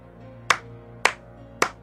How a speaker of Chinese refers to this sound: 对方说罢拍拍手，那三声仿佛某种命令或信号。